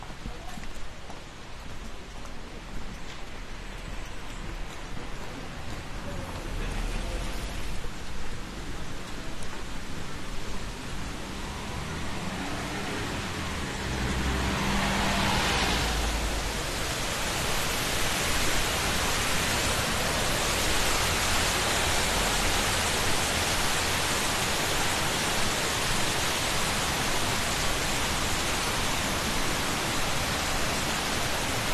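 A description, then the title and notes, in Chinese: Walking down from a shrine beside a stream, the steady hiss of rushing water fills everything. Around the midpoint it swells louder and brighter, with a brief low rumble just before, then holds dense and unbroken to the end. 贵船神社顺流而下。Kifune Shrine Walking Down。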